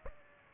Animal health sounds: mosquito wingbeat signal from an infrared sensor; Aedes aegypti

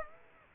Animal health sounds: mosquito wingbeat signal from an infrared sensor; Aedes aegypti

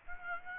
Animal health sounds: mosquito wingbeat signal from an infrared sensor; Aedes aegypti

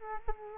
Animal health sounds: mosquito wingbeat signal from an infrared sensor; Culex quinquefasciatus

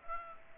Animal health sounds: mosquito wingbeat signal from an infrared sensor; Aedes aegypti

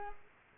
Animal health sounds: mosquito wingbeat signal from an infrared sensor; Culex pipiens

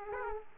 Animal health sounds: mosquito wingbeat signal from an infrared sensor; Aedes aegypti

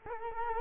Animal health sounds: mosquito wingbeat signal from an infrared sensor; Culex quinquefasciatus

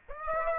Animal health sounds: mosquito wingbeat signal from an infrared sensor; Aedes aegypti

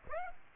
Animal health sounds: mosquito wingbeat signal from an infrared sensor; Aedes aegypti

